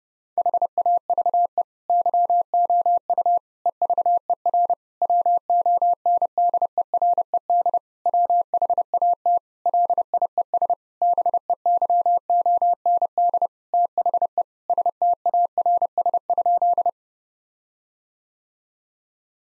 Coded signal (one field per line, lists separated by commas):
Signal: Morse code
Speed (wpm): 32 wpm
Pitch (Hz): 700 Hz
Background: none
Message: HAVE YOU EVER WONDERED WHAT LIES BEYOND THE STARS?